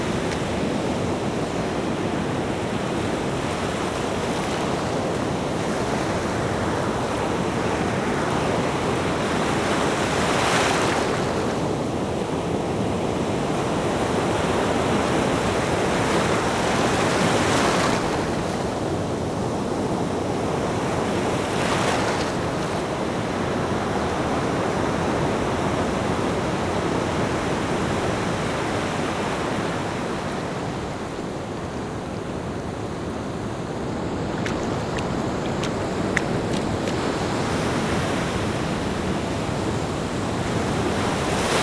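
Waves crash in a dense, continuous roar of surf that barely lets up. Bright hissing surges stand out around 11, 17 and 22 seconds as water rushes in. The wash eases slightly past the half-minute mark before swelling again.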